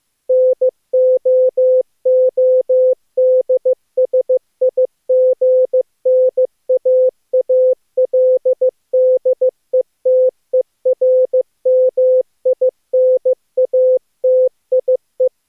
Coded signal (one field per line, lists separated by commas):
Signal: Morse code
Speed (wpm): 26 wpm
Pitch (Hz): 500 Hz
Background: music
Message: NOODSIGNAALDETERMINATIE